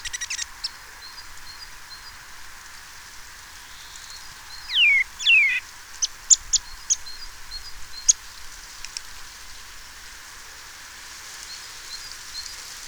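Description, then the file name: Eurasian Nuthatch calls: a pair of downward-slurred notes midway, surrounded by short sharp ticks and clicks over a steady high hiss. "Sitta europaea"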